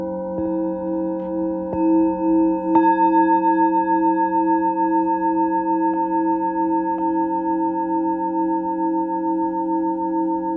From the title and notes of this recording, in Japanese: 朝のちょこっとLive シンギングボウル。シンギングボウルの波動。